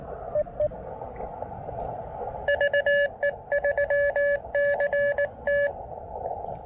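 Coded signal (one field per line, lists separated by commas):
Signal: Morse code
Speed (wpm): 19 wpm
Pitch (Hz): 1700 Hz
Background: radio noise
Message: VE3CT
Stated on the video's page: Morse code from a park activation using a KX2 with a prototype universal paddle mount.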